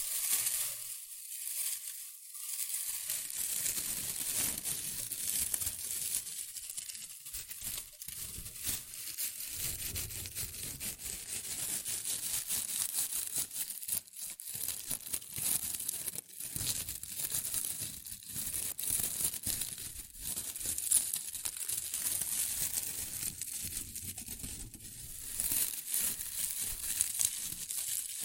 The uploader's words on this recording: ASMR Rustling and Crinkle Sounds (Shredded Tissue, Packing Peanuts).